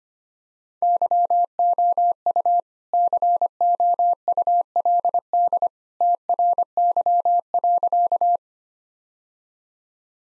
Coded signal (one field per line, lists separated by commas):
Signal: Morse code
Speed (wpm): 25 wpm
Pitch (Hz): 700 Hz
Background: none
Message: YOU COULD TRY.